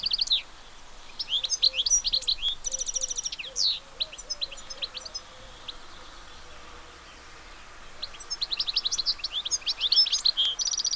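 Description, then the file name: European goldfinch song: lively twittering and buzzy trilled phrases, a quieter stretch midway, then renewed rapid tinkling, with soft low repeated notes behind. "chardonneret"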